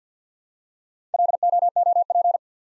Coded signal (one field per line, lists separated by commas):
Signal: Morse code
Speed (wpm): 50 wpm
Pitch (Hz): 700 Hz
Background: none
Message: LOOP